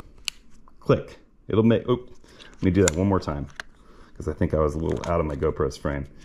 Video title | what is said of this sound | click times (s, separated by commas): Approaching the Scene 207: Nikon Z9 Eyecup Hack, Settings and Accessories Update | Set it in place, you'll feel it kind of lock in, and you just twist it. Boom, there it is. Click, | 0.3 s